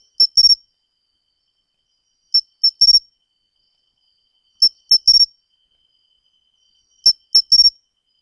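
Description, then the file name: Pine cricket giving sharp high chirps in short groups of three or four, the groups spaced about two and a half seconds apart. "matsumushi"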